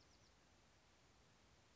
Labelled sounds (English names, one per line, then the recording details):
Bewick's Wren
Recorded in Sonoma County, California